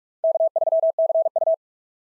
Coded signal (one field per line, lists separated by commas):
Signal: Morse code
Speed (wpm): 45 wpm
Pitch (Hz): 650 Hz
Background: none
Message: K3CU